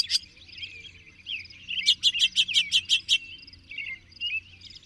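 Bird song of a quick row of clear, evenly spaced chirped notes, with softer twittering before and after.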